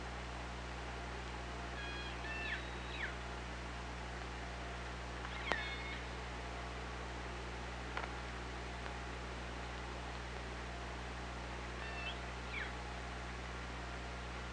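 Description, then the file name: Orca giving several faint harmonic pulsed calls over a steady underwater hum, with a few sharp clicks. Hydrophone, underwater, 24 August 2017 at about 18:30. "Orca Lab"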